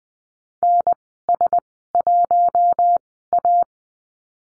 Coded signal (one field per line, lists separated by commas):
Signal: Morse code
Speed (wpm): 20 wpm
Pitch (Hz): 700 Hz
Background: none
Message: NS1A